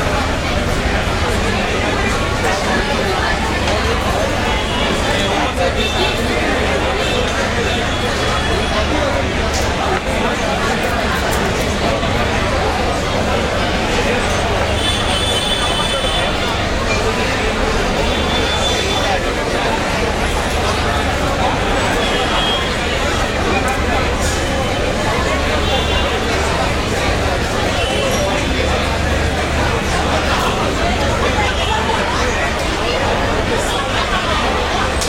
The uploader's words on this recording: An evening at Bob's Bar, Bengaluru. In this phone recording, we hear multiple conversations and youthful laughter, all merging together into a trance-like sound. This, further merges with the sounds of car honks and traffic movement, creating quite a crowded and chaotic soundscape.